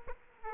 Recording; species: mosquito wingbeat signal from an infrared sensor; Aedes aegypti